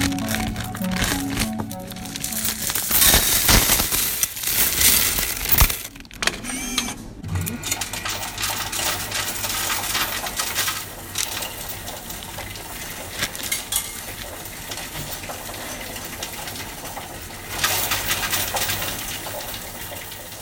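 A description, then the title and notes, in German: A machine counting coins runs with a dense, jittery clatter of metallic clinks and rattles. The first seven seconds are loudest and busiest, with sharp bright jingles and a low rumble, then the whirring settles into a steadier, quieter chatter, swelling briefly around seventeen seconds. Eine Maschine die Münzen zählt. Ich war in einer Bank und habe das Geld aus meinem Spar-Bierhumpen einer Münzzählmaschine anvertraut.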